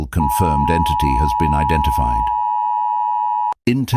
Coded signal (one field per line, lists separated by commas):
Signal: Emergency Alert System (SAME) tones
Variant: 853 and 960 Hz attention tone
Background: speech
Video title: The Titan - EAS Scenario (Analog Horror)